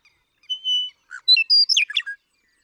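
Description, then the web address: Western meadowlark singing one phrase that opens with a pure sustained whistle and breaks into a rapid, bubbling warble. "birdsongforthecurious Western Meadowlark"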